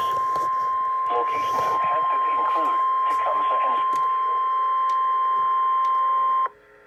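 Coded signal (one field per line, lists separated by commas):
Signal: Emergency Alert System (SAME) tones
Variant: 1050 Hz attention tone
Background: speech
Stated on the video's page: EAS alerts for severe thunderstorm warnings.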